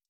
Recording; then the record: hydrophone in a shrimp aquaculture tank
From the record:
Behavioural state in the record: stressed